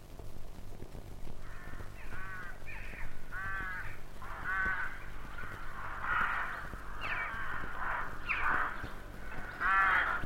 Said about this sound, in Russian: Грачи открыли весну. Зиму грачи провели на юге нашей страны. Они очень спешили к себе на родину.